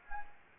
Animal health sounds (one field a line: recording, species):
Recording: mosquito wingbeat signal from an infrared sensor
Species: Anopheles arabiensis